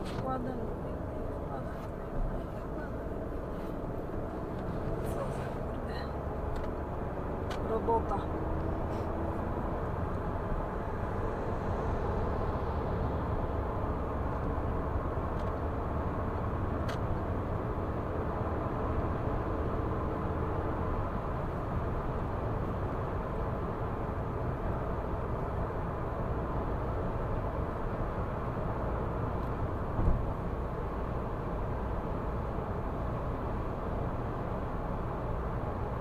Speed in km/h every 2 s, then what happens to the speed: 61, 65, 75, 84, 91, 94, 99, 103, 106, 109, 111, 110, 110, 105, 105, 106, 106, 106.
0-17 speeds up to 109. 17-36 steady at about 106.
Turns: none.